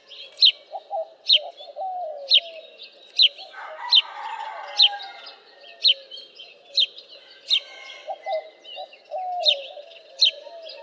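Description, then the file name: House sparrow chirping, sharp high chirps repeated roughly once a second, with softer lower warbling sounds underneath and a brief rushing noise around the fourth second. "Passer domesticus"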